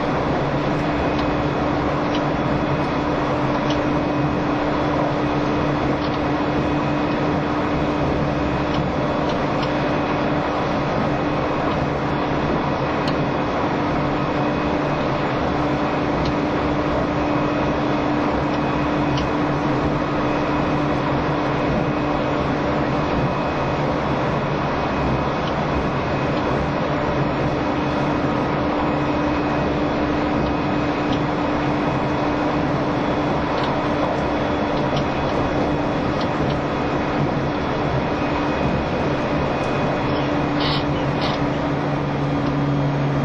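A train runs steadily throughout, a dense low rumble with a constant droning hum and faint rattling, a brief higher squeal near forty seconds.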